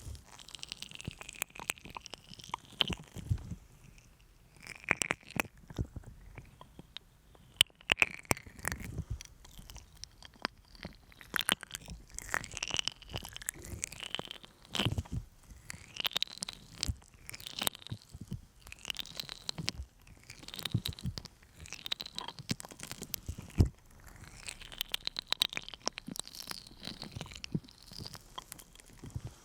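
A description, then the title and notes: Sticky, wet ear massage sounds: slow squelching and tacky peeling noises with bright crackles that come in rounded swells every second or two. Sharp clicky pops scatter throughout, and a soft low rumble sits underneath the whole time. ASMR Sticky Honey Ear Massage (No Talking).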